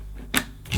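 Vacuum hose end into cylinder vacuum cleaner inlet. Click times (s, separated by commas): 0.4 s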